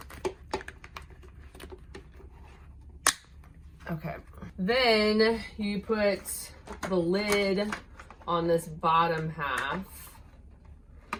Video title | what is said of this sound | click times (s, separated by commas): NEW Cat Litter Hack? Unboxing the RED ROCKET PURRR and LITTER TWIST'R! 🐱🚀 | these you kind of have to force in a little bit until they click | 3.1 s